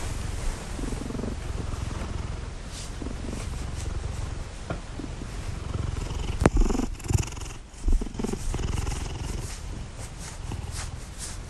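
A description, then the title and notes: Addy the cat purrs in a steady low rumble, with soft rustling thumps and brief scratchy sounds around the middle of the clip. Our cat, Addy, purring.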